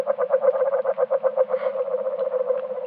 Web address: Agile Frog